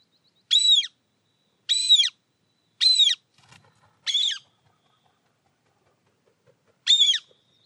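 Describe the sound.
Harrier calls: five loud arched whistled screams, each rising then falling, about once a second with a pause before the last.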